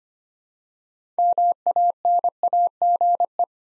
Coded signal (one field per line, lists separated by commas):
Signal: Morse code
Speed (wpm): 25 wpm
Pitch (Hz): 700 Hz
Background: none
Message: MANAGE